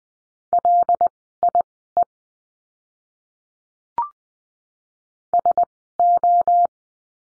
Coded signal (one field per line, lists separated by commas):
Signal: Morse code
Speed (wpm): 20 wpm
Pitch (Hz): 700 Hz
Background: none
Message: LIE SO